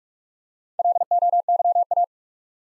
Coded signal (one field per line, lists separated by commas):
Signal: Morse code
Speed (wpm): 44 wpm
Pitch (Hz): 700 Hz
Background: none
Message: LOYA